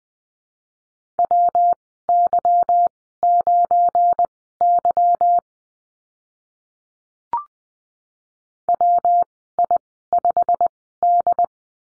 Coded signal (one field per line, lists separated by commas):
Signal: Morse code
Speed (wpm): 20 wpm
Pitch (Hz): 700 Hz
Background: none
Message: WY9Y WI5D